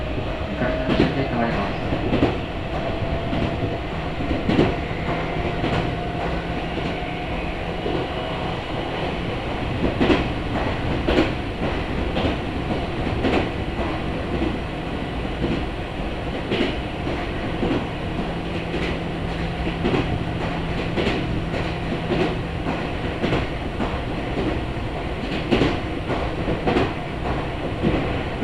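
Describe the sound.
A local commuter train rolls along between stations, heard from inside the car. The steady rumble stays dense and even throughout, with sharp clicks and knocks from the rails every few seconds, a faint tone rising near six seconds and again around twenty.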